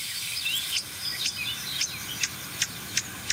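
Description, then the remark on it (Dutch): A common blackbird: a few faint high whistles at first, then a steady series of sharp, bright chinking calls repeated about every half second over a soft hiss. “Merel.”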